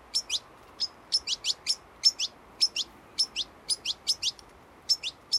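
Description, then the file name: European goldfinch calls, crisp high tinkling notes in quick pairs and trios, repeating throughout over a quiet background. "Carduelis carduelis"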